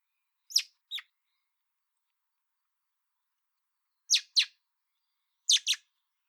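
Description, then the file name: Common blackbird giving sharp, high chinking calls in three quick pairs, against a quiet, clean background. "Turdus merula"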